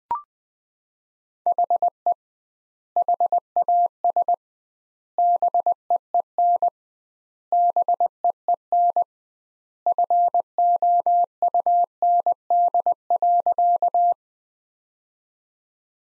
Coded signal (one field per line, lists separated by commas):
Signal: Morse code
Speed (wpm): 20 wpm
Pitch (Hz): 700 Hz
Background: none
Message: HE HAS BEEN BEEN FOUND.